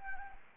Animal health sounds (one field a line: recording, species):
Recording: mosquito wingbeat signal from an infrared sensor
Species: Anopheles gambiae